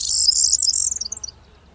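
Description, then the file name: Corn bunting song, the high jangling rattle only, bright and metallic, fading out within about a second. "Kornsparv"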